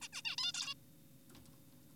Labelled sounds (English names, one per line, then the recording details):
Zebra Finch
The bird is an adult
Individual g4p5U